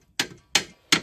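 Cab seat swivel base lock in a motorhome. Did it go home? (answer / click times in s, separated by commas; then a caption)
yes / 0.2 s, 0.6 s, 0.9 s. A motorhome cab seat on its swivel base in a Chuasson Welcome Premium 530 is turned back to face forward after its release bar is pulled. Three sharp, bright clicks ring out at 0.2, 0.56 and 0.93 seconds. The swivel mechanism locks in place, forward facing.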